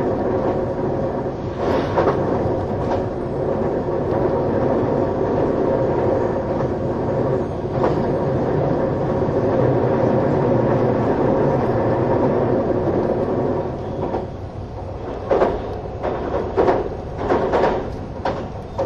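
Inside a train's green car, the engine and motor hum together in a steady, low drone with a faint whine above it. Soft knocks and brief rattles break through near 2 and 8 seconds and cluster more often after 15 seconds.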